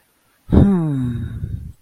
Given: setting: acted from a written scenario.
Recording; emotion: vocal sound without words; contentment